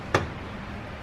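A bulb socket for the daytime running light and high beam on a 2014-2020 Mercedes Benz GLA250 is twisted clockwise into the headlight housing, with its three electrical connectors pointing straight up. A single sharp tick sounds at 0.2 s against a quiet background as the socket locks in place and is seated.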